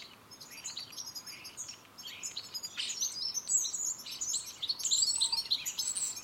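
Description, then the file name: European goldfinch twittering calls, a dense overlapping jumble of high, tinkling chirps that grows busier and louder through the second half. "Carduelis carduelis"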